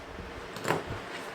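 A standard Torx bit is turned in a Torx screw head that has been punched round, and it slips and cams out. A single sharp click is heard at 0.7 s as the bit cams out of the rounded, stripped fastener, over a low steady background.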